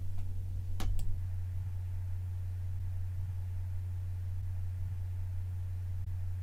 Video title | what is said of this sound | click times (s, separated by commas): ARTECH, Pole Guards, Selection and Installation | is then snapped into place. | 0.8 s